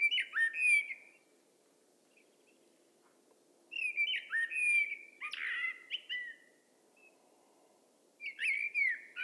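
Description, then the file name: Common blackbird song: several fluty warbled phrases with thin squeaky flourishes, separated by pauses. "Turdus merula"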